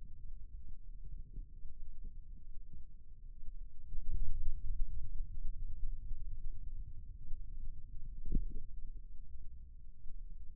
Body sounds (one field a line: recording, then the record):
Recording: forearm muscle sounds (acoustic myography)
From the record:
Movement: ulnar deviation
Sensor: system 2, bracelet of six BSWA MPA416 microphones around the upper forearm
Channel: 6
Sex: male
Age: 22 years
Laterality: right